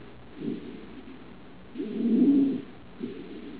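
Inspiratory stridor in an adult: a harsh, pitched noise heard on breathing in, repeating with each breath.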